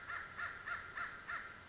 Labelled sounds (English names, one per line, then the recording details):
American Crow
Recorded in Sonoma County, California